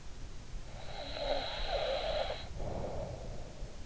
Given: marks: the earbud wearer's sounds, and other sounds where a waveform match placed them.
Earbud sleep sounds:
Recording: sounds in sleep by an in-ear microphone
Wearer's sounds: snoring breath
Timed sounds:
0.84-3.62 s: snoring breath

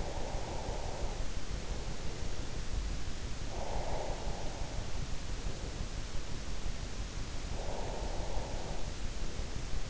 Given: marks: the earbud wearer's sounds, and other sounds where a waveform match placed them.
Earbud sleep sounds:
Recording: sounds in sleep by an in-ear microphone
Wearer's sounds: breath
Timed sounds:
0.00-2.51 s: breath
3.56-6.14 s: breath
7.59-9.58 s: breath

